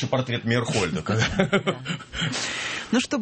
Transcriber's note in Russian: смеется